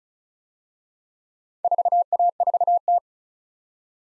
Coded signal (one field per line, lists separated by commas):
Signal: Morse code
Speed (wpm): 36 wpm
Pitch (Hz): 700 Hz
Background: none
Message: 4A4T